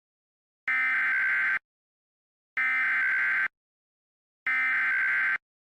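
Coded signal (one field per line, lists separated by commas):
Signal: Emergency Alert System (SAME) tones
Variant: header bursts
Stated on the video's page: Mock severe thunderstorm warning for Florida made with AWIPS CAVE software, labeled a test and not real.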